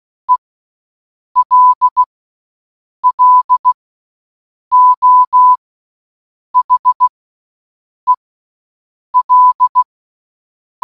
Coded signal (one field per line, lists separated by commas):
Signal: Morse code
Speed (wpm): 16 wpm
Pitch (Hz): 1000 Hz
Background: none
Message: E L L O H E L